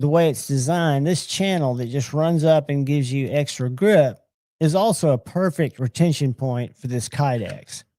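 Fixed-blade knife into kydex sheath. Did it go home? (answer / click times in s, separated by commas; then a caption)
no / none. A fixed-blade knife is handled beside its kydex sheath, and the channel on its handle serves as the retention point. Someone talks throughout with a short pause near 4.3 seconds, and no click or impact is heard. Nothing has seated or clicked yet; the knife has not gone into the sheath by the end of the clip.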